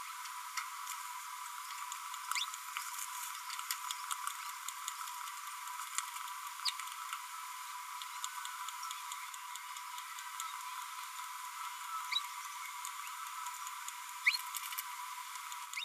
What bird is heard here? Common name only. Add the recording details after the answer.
Green-rumped Parrotlet. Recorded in a nest box in Venezuela. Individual 18B25A3